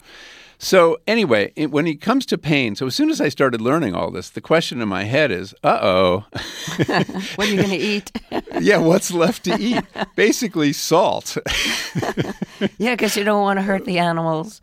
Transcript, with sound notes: So anyway, when it comes to pain, so as soon as I started learning all this, the question in my head is, uh-oh.
(LAUGHTER)
What are you going to eat (laughter)?
Yeah, what's left to eat? Basically, salt.
Yeah, because you don't want to hurt the animals.